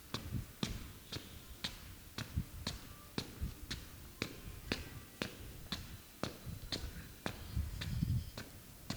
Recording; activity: daily activity, guitar pickup as the sensor; walk